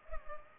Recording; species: mosquito wingbeat signal from an infrared sensor; Culex pipiens